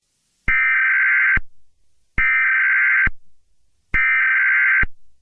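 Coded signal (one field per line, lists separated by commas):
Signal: Emergency Alert System (SAME) tones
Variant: header bursts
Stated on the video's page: Fictional corruption EAS scenario with glitch effects, simulated rather than a real broadcast.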